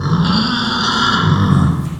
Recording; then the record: squeal of a Yucatan mini pig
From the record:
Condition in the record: after surgery on the right vocal fold (resection and tissue-engineered implant); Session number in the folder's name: 16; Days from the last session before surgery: 183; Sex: female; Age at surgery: 19 weeks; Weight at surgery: 25 kg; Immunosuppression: prednisolone